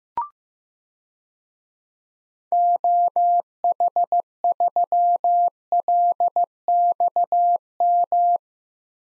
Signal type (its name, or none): Morse code